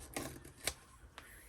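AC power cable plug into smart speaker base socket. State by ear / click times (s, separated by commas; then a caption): not seated / none. An AC power cable plug is handled at the socket in the bottom of an Apple HomePod smart speaker, producing three short, sharp ticks at about 0.2, 0.7 and 1.2 seconds over a quiet background. The plug has not yet clicked or seated in the socket.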